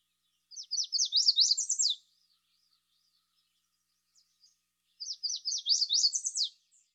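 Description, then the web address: Yellow warbler singing two bright, high, quick phrases of sweet slurred notes, a few seconds apart, in otherwise quiet surroundings. Eastern North America. "Dan Gibson Wildlife Identification By Sound, Eastern North America Pt 2. Yellow Warbler"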